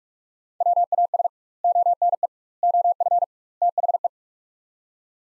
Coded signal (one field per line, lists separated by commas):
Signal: Morse code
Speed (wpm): 46 wpm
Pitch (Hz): 700 Hz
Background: none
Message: WAS ONE OF THE